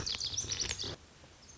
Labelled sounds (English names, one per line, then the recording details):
Lazuli Bunting
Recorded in Sonoma County, California